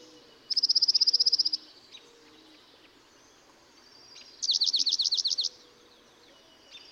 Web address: songs Dark-eyed Junco